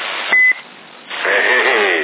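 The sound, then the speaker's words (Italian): A short, steady high-pitched beep over a CB radio channel in Sassari, November 2011, followed by a pause and then a louder burst of crackly, wavering radio noise. “Almeno dal bip dovresti riconoscerlo.”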